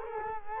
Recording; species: mosquito wingbeat signal from an infrared sensor; Culex quinquefasciatus